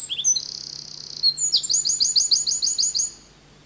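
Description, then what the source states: Eurasian Wren song: a vigorous, very high burst of chips and a dry rattle, ending in a rapid run of repeated ringing notes. Song sounds powerful from among brushwood, fallen trees and stones; pine and spruce forest, Finland.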